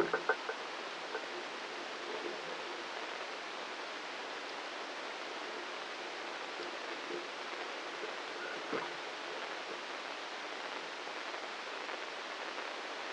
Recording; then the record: brain microelectrode recording played as sound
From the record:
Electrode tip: inside the subthalamic nucleus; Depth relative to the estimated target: 0 mm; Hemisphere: right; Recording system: NeuroSet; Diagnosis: Parkinson's disease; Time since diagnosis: 15 years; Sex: male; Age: 65 years